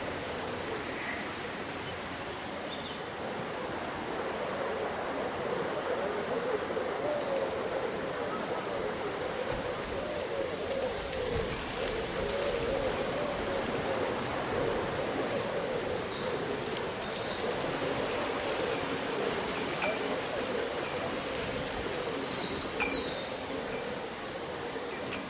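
Summer wind keeps leaves rustling in a steady, dense wash that barely changes over the whole stretch, with a low hum underneath. Brief, high bird chirps surface now and then, a few clustering around the middle and again near the end.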